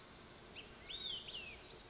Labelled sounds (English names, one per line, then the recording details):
Olive-sided Flycatcher
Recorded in Sonoma County, California